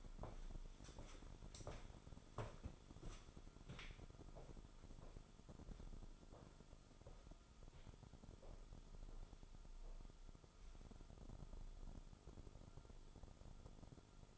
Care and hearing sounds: daily activity, microphone in the room; walk to room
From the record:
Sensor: 5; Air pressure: 988.2 hPa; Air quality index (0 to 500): 150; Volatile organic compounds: 18 ppm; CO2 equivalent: 2627 ppm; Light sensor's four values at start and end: 56/161/64/70 and 57/168/66/72

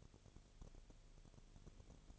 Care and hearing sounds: daily activity, microphone in the room; no activity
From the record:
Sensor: 4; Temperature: 22.4 degrees Celsius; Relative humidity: 31.1%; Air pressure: 1004.1 hPa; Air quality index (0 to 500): 85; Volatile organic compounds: 1 ppm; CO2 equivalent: 765 ppm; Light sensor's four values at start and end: 2/3/1/1 and 2/3/1/1

